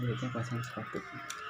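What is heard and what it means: A presser foot is being handled for fitting onto the presser bar of an industrial single-needle sewing machine while someone talks. The part has not seated or clicked yet within the clip.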